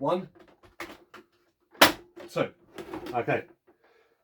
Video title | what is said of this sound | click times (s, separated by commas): Review 120: G1 Fortress Maximus | We are then going to snap these two sections in around the sides until you hear it snap, okay? | 0.8 s, 1.8 s